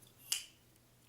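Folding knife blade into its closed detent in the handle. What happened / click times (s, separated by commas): The folding blade snapped closed into its detent / 0.3 s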